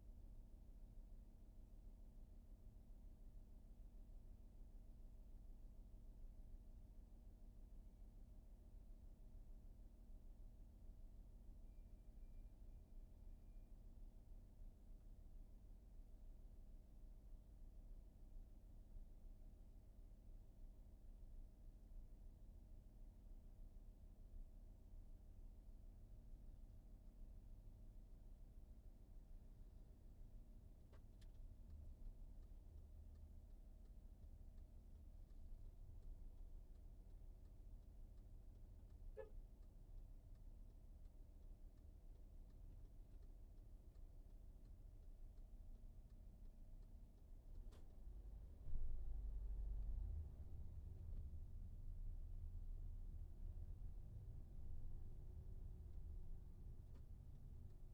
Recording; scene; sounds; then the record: everyday scene through a hearing-aid microphone; in a vehicle; engine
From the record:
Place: VW T5 Caravelle, diesel engine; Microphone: behind the ear, right, rear